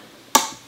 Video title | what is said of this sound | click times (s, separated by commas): What causes the iMac black screen? Part 1 - How to fix the iMac black screen (full breakdown) | we go there's that click right here on the panel this back corner right here is the best place to do it finds I find that's easiest so | 0.3 s